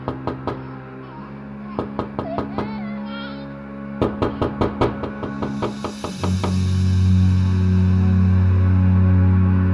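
Rapid, soft tapping knocks on the other side of a closed door come in several quick bursts over a low humming drone, giving way to a louder, wavering tone that swells and holds at the end.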